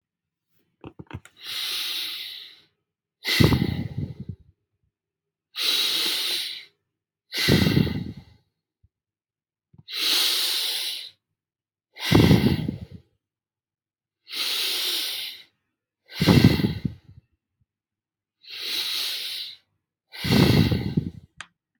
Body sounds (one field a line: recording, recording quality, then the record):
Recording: deep breathing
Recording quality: excellent, no background noise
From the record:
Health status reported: healthy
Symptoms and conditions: hypertension, diabetes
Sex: male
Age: 63 years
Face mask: not worn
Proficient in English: yes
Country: India